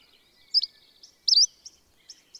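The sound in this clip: Bird song: two loud, sharp high chirps over faint chatter, followed by a few softer short notes.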